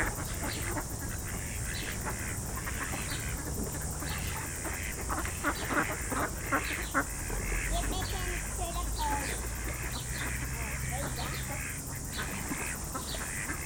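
Ducks giving rough, nasal quacks in irregular bursts, sometimes several at once, over a constant low background rumble.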